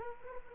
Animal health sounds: mosquito wingbeat signal from an infrared sensor; Culex quinquefasciatus

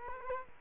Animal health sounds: mosquito wingbeat signal from an infrared sensor; Culex quinquefasciatus

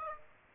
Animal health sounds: mosquito wingbeat signal from an infrared sensor; Aedes aegypti

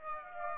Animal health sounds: mosquito wingbeat signal from an infrared sensor; Aedes aegypti

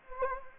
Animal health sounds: mosquito wingbeat signal from an infrared sensor; Anopheles gambiae

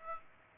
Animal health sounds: mosquito wingbeat signal from an infrared sensor; Aedes aegypti

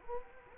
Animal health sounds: mosquito wingbeat signal from an infrared sensor; Culex quinquefasciatus

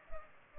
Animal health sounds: mosquito wingbeat signal from an infrared sensor; Culex pipiens

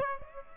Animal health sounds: mosquito wingbeat signal from an infrared sensor; Aedes aegypti

